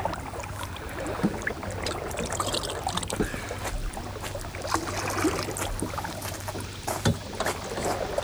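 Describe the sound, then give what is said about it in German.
Water sloshes and splashes irregularly inside a small boat that is full of water, with scattered knocks and gurgles over a steady low hum; no voices are heard. “Das ist ja voll Wasser.”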